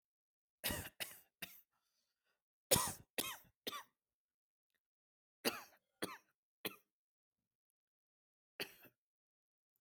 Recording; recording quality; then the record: shallow voluntary cough; excellent, no background noise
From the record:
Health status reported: healthy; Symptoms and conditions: none ticked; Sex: male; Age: 43 years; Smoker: not ticked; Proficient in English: yes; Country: India